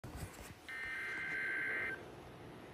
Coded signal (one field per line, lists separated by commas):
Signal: Emergency Alert System (SAME) tones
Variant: header bursts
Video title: Severe Thunderstorm Warning (EAS 94)